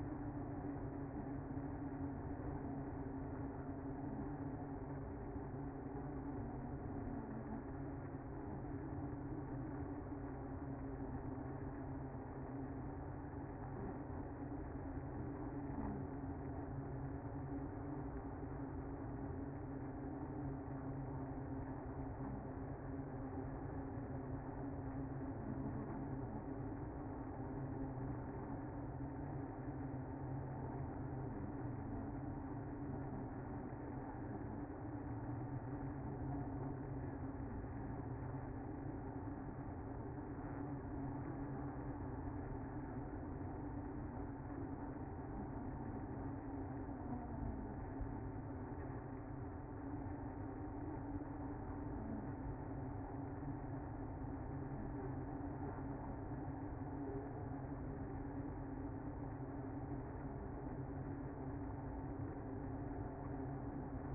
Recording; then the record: honeybee colony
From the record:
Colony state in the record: active